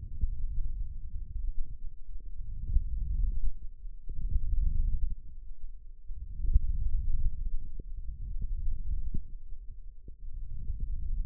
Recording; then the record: forearm muscle sounds (acoustic myography)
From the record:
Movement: hook grip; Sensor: system 1, eight BSWA MPA416 microphones around the upper forearm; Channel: 3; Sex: male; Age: 18 years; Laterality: right